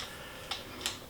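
A keyless chuck on a cordless drill is hand-tightened, and its metal ratcheting lock mechanism gives two sharp tick-like clicks at 0.5 s and 0.9 s. The chuck ratchets tight and locks down, seated.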